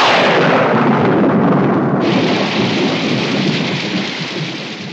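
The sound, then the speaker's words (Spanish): A loud, steady wash of heavy rain with a deep rumble of thunder rolling underneath, gradually easing in volume toward the end. No voices. “¿Podría ser peor? ¿Cómo? ¿Podría llover?”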